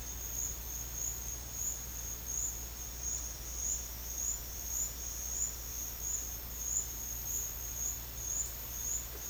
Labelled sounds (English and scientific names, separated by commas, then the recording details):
none
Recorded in pastures near Puerto Asís, Putumayo, Colombia, on 8 March 2025 at 13:00
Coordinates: 0.502, -76.324
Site GP07